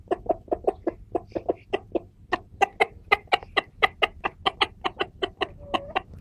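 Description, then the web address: Chicken: rooster clucking in a fast, regular series of short, sharp notes. Rooster calling the hens. "como el gallo convoca a las gallinas"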